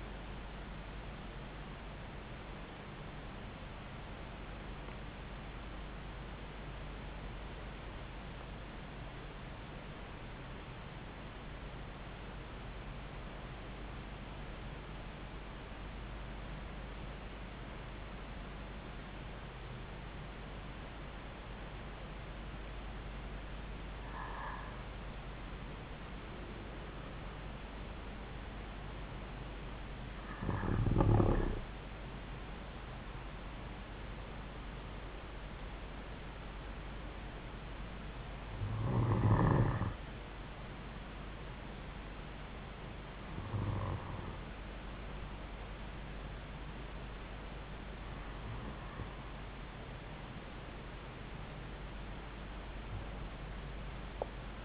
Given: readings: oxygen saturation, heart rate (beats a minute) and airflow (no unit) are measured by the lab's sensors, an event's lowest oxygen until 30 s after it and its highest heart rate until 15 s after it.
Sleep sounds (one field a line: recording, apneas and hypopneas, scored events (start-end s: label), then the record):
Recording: breathing in sleep by a voice recorder at the bedside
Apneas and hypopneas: 1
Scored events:
5.00-23.60 s: hypopnea (N1, oxygen 97% highest, then 90% lowest, heart rate 71 at the start, 71 highest)
11.00-54.65 s: new sleep stage, N2 (light sleep)
From the record:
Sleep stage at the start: N1 (lightest sleep)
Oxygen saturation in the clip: 90 to 97%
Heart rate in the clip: 51 to 74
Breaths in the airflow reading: 9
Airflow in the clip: -5.6 to 5.5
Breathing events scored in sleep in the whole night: 270 in 6.1 hours asleep